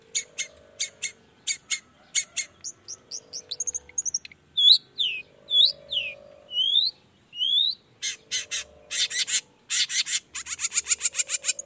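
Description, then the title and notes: Long-tailed shrike song: rapid buzzy high notes, then a series of slurred whistled swoops, returning to fast harsh repeated bursts at the end. Singing actively in the morning with 'toet toet' voice variations; meant to stimulate reluctant shrikes into joining the song quickly. "Cendet Gacor Dor Di Kala Pagi Toet Toet Variasi Suara J. Cendet Gacor Di Pagi Hari Rangsangan Emosi Cendet Malas Bunyi Supaya Secepatnya Ikutan Bunyi. Burung cendet"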